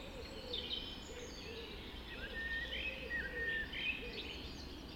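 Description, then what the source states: Dawn chorus birdsong, overlapping high chirps and a few clear whistled notes, with a low soft repeated note underneath and steady background noise. Dawn chorus recorded just after dawn in the Forest of Dean.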